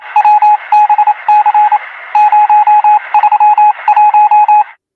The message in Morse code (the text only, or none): WBC 031